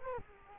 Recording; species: mosquito wingbeat signal from an infrared sensor; Culex quinquefasciatus